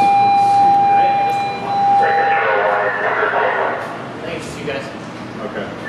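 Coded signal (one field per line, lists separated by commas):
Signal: pager alert tone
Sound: a steady mid-pitched alert tone for about two seconds, then people talking in a room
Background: voices in a room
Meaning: Dispatch alert tone summoning the station's crew to a call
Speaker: might be us. Let's see here.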